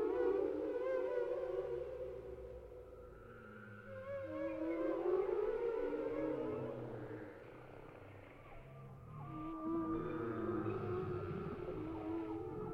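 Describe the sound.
Whale song with layered wavering moans and long siren-like tonal notes, some sliding up and down.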